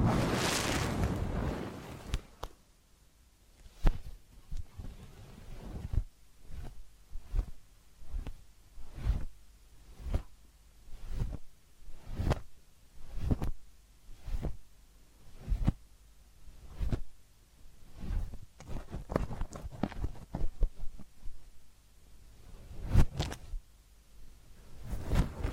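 Massage and ear-cleaning sounds: a loud rustling burst opens, then soft, quick brushing and tapping strokes repeat every second or so, with small pauses between. Each stroke is a short crisp scrape over a quiet low hum, with a sharper pair near 23 seconds.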